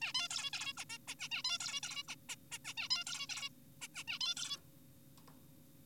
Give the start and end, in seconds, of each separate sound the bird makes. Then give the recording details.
0.02-0.13, 0.15-0.28, 0.31-0.51, 0.53-0.73, 0.77-0.85, 0.90-0.98, 1.08-1.15, 1.19-1.29, 1.31-1.43, 1.45-1.58, 1.60-1.80, 1.83-2.03, 2.08-2.15, 2.29-2.36, 2.52-2.58, 2.65-2.74, 2.77-2.88, 2.91-3.04, 3.07-3.27, 3.29-3.49, 3.82-3.88, 3.95-4.03, 4.08-4.19, 4.21-4.35, 4.37-4.57. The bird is an adult. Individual g4p5U